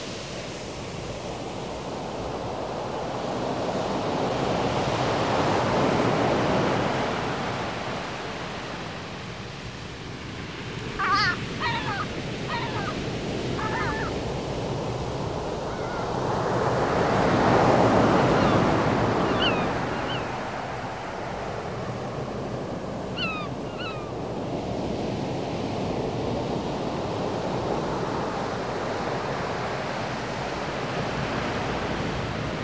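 Ocean surf rolls in steady, broad washes that swell and ease roughly every ten to twelve seconds, with peaks near 5, 18 and 29 seconds. Short bursts of high chirping bird calls cut through around 11–13, 19–20 and 23–25 seconds.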